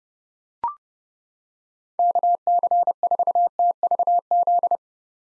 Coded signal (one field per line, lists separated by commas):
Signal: Morse code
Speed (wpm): 30 wpm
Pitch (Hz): 700 Hz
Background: none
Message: KC4TVZ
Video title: 2023 POTA Activator Call Signs - 30wpm